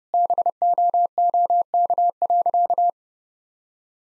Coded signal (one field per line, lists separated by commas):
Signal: Morse code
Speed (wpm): 30 wpm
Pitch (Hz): 700 Hz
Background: none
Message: BOOK.